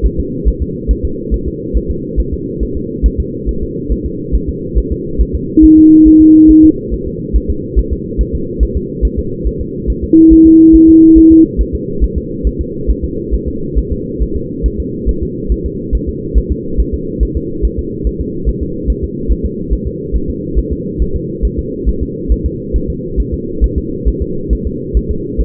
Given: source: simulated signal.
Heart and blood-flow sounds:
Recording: fetal heart sounds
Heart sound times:
0.06 s: S1
0.20 s: S2
0.48 s: S1
0.62 s: S2
0.91 s: S1
1.05 s: S2
1.34 s: S1
1.48 s: S2
1.77 s: S1
1.91 s: S2
2.20 s: S1
2.34 s: S2
2.63 s: S1
2.77 s: S2
3.06 s: S1
3.20 s: S2
3.49 s: S1
3.63 s: S2
3.92 s: S1
4.06 s: S2
4.35 s: S1
4.49 s: S2
4.78 s: S1
4.92 s: S2
5.21 s: S1
5.35 s: S2
5.64 s: S1
5.78 s: S2
6.08 s: S1
6.22 s: S2
6.51 s: S1
6.65 s: S2
6.94 s: S1
7.08 s: S2
7.36 s: S1
7.50 s: S2
7.79 s: S1
7.93 s: S2
8.21 s: S1
8.35 s: S2
8.63 s: S1
8.77 s: S2
9.05 s: S1
9.19 s: S2
9.47 s: S1
9.61 s: S2
9.90 s: S1
10.04 s: S2
10.33 s: S1
10.47 s: S2
10.75 s: S1
10.89 s: S2
11.18 s: S1
11.32 s: S2
11.61 s: S1
11.75 s: S2
12.04 s: S1
12.18 s: S2
12.47 s: S1
12.61 s: S2
12.90 s: S1
13.04 s: S2
13.34 s: S1
13.48 s: S2
13.79 s: S1
13.92 s: S2
14.22 s: S1
14.36 s: S2
14.66 s: S1
14.80 s: S2
15.09 s: S1
15.23 s: S2
15.52 s: S1
15.66 s: S2
15.95 s: S1
16.09 s: S2
16.38 s: S1
16.52 s: S2
16.80 s: S1
16.94 s: S2
17.23 s: S1
17.37 s: S2
17.65 s: S1
17.79 s: S2
18.07 s: S1
18.21 s: S2
18.49 s: S1
18.63 s: S2
18.90 s: S1
19.04 s: S2
19.31 s: S1
19.45 s: S2
19.73 s: S1
19.87 s: S2
20.16 s: S1
20.30 s: S2
20.59 s: S1
20.73 s: S2
21.02 s: S1
21.16 s: S2
21.45 s: S1
21.59 s: S2
21.89 s: S1
22.03 s: S2
22.32 s: S1
22.46 s: S2
22.76 s: S1
22.90 s: S2
23.20 s: S1
23.34 s: S2
23.64 s: S1
23.78 s: S2
24.08 s: S1
24.22 s: S2
24.53 s: S1
24.67 s: S2
24.97 s: S1
25.11 s: S2
25.41 s: S1
From the record:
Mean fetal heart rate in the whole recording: 140 bpm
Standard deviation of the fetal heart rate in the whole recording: 2 bpm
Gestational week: 34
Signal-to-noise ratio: -6.6 dB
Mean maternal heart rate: 72 bpm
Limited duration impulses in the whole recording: present

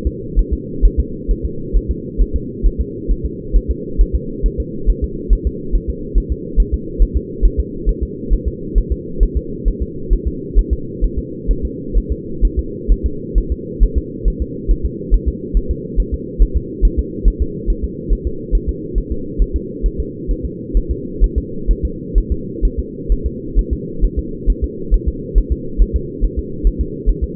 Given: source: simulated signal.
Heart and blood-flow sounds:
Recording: fetal heart sounds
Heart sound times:
0.07 s: S2
0.39 s: S1
0.53 s: S2
0.85 s: S1
1.00 s: S2
1.31 s: S1
1.45 s: S2
1.77 s: S1
1.91 s: S2
2.21 s: S1
2.36 s: S2
2.66 s: S1
2.81 s: S2
3.11 s: S1
3.26 s: S2
3.56 s: S1
3.71 s: S2
4.01 s: S1
4.15 s: S2
4.46 s: S1
4.60 s: S2
4.90 s: S1
5.04 s: S2
5.33 s: S1
5.47 s: S2
5.75 s: S1
5.90 s: S2
6.18 s: S1
6.32 s: S2
6.60 s: S1
6.74 s: S2
7.02 s: S1
7.17 s: S2
7.45 s: S1
7.59 s: S2
7.89 s: S1
8.03 s: S2
8.33 s: S1
8.48 s: S2
8.78 s: S1
8.92 s: S2
9.23 s: S1
9.37 s: S2
9.68 s: S1
9.82 s: S2
10.13 s: S1
10.27 s: S2
10.59 s: S1
10.73 s: S2
11.04 s: S1
11.19 s: S2
11.51 s: S1
11.65 s: S2
11.98 s: S1
12.12 s: S2
12.45 s: S1
12.59 s: S2
12.92 s: S1
13.06 s: S2
13.38 s: S1
13.52 s: S2
13.83 s: S1
13.98 s: S2
14.28 s: S1
14.42 s: S2
14.71 s: S1
14.85 s: S2
15.14 s: S1
15.28 s: S2
15.57 s: S1
15.71 s: S2
16.00 s: S1
16.14 s: S2
16.42 s: S1
16.57 s: S2
16.85 s: S1
16.99 s: S2
17.28 s: S1
17.42 s: S2
17.70 s: S1
17.84 s: S2
18.12 s: S1
18.27 s: S2
18.55 s: S1
18.69 s: S2
18.98 s: S1
19.12 s: S2
19.42 s: S1
19.56 s: S2
19.86 s: S1
20.00 s: S2
20.31 s: S1
20.45 s: S2
20.77 s: S1
20.91 s: S2
21.24 s: S1
21.38 s: S2
21.71 s: S1
21.85 s: S2
22.18 s: S1
22.32 s: S2
22.65 s: S1
22.79 s: S2
23.12 s: S1
23.26 s: S2
23.59 s: S1
23.73 s: S2
24.05 s: S1
24.19 s: S2
24.50 s: S1
24.64 s: S2
24.94 s: S1
25.08 s: S2
25.38 s: S1
25.52 s: S2
25.82 s: S1
25.96 s: S2
26.24 s: S1
26.39 s: S2
26.67 s: S1
26.81 s: S2
27.09 s: S1
27.24 s: S2
From the record:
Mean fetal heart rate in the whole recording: 135 bpm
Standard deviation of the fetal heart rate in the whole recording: 3 bpm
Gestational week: 36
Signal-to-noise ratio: -4.3 dB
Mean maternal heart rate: 72 bpm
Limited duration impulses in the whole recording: present

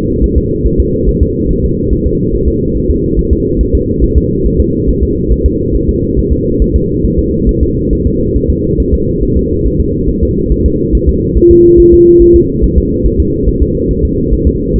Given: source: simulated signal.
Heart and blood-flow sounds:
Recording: fetal heart sounds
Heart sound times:
0.24 s: S1
0.38 s: S2
0.66 s: S1
0.80 s: S2
1.09 s: S1
1.22 s: S2
1.51 s: S1
1.65 s: S2
1.93 s: S1
2.07 s: S2
2.35 s: S1
2.48 s: S2
2.77 s: S1
2.91 s: S2
3.19 s: S1
3.33 s: S2
3.61 s: S1
3.75 s: S2
4.04 s: S1
4.18 s: S2
4.46 s: S1
4.60 s: S2
4.89 s: S1
5.03 s: S2
5.32 s: S1
5.46 s: S2
5.75 s: S1
5.89 s: S2
6.19 s: S1
6.33 s: S2
6.62 s: S1
6.76 s: S2
7.05 s: S1
7.19 s: S2
7.49 s: S1
7.63 s: S2
7.93 s: S1
8.07 s: S2
8.36 s: S1
8.50 s: S2
8.80 s: S1
8.94 s: S2
9.23 s: S1
9.37 s: S2
9.67 s: S1
9.80 s: S2
10.10 s: S1
10.23 s: S2
10.52 s: S1
10.66 s: S2
10.95 s: S1
11.09 s: S2
11.37 s: S1
11.51 s: S2
11.80 s: S1
11.94 s: S2
12.22 s: S1
12.36 s: S2
12.64 s: S1
12.78 s: S2
13.06 s: S1
13.20 s: S2
13.49 s: S1
13.63 s: S2
13.91 s: S1
14.05 s: S2
14.33 s: S1
14.47 s: S2
14.76 s: S1
From the record:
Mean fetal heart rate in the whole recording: 140 bpm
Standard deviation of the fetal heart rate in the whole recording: 2 bpm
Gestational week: 34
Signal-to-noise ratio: -10.2 dB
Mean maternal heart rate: 72 bpm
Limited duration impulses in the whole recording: present

